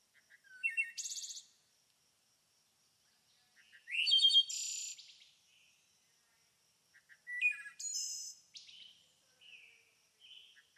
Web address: Blastwave ANIMALS Bird Ambience. bird chirping ambience nature loop